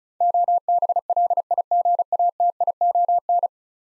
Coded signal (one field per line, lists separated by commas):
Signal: Morse code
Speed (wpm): 36 wpm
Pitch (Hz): 700 Hz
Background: none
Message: OBLIGATION